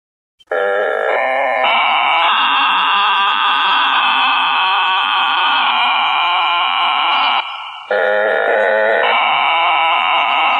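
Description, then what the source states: Frog: after a moment of silence, a frog chorus bursts in with dense overlapping trills, dipping once briefly before carrying on. Frogs recorded at Harpers Mill.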